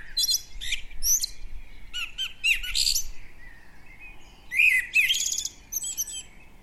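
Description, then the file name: Common blackbird singing: three phrases of short notes breaking into high squeaky twitters, with pauses between them. "Turdus merula"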